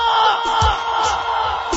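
A crowd of Paysandu fans shouts together in a sustained, dense roar of many voices, loud and steady for nearly two seconds with brief surges of louder yelling.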